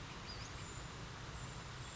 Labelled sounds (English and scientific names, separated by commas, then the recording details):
Western Flycatcher (Empidonax difficilis)
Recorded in Sonoma County, California